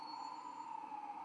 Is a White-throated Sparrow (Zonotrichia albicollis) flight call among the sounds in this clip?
no